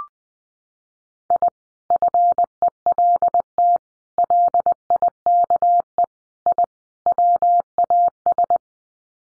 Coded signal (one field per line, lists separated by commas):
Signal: Morse code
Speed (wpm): 20 wpm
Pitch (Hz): 700 Hz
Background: none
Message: I FELT LIKE I WAS